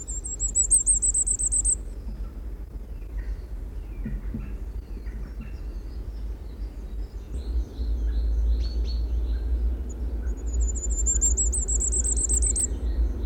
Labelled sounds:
Common Firecrest (Regulus ignicapilla) song

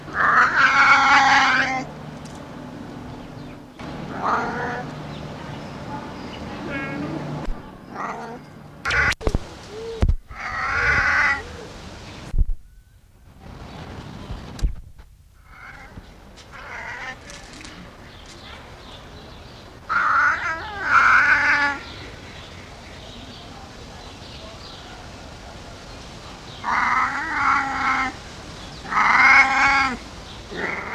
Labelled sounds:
Wildcat (Felis silvestris) call

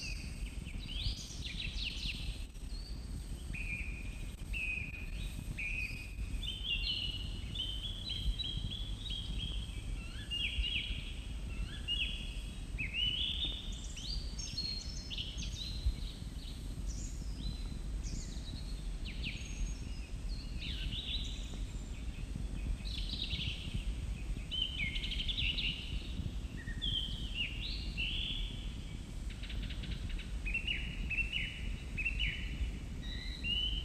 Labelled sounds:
Song Thrush (Turdus philomelos) song

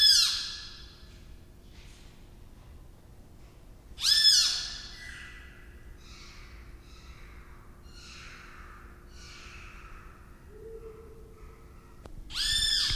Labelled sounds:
Pale-legged Hornero (Furnarius leucopus) call

